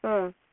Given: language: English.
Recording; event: throat vibration sensor signal played as sound; speech